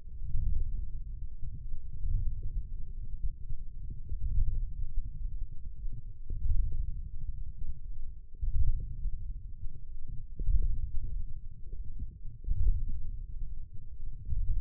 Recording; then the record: forearm muscle sounds (acoustic myography)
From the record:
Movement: wrist flexion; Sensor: system 1, eight BSWA MPA416 microphones around the upper forearm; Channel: 2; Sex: male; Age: 20 years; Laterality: left